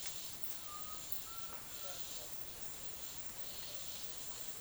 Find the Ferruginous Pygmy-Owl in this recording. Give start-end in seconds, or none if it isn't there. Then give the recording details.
none. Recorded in dense forest near Puerto Asís, Putumayo, Colombia, on 19 February 2024 at 12:00. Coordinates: 0.502, -76.326. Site G6460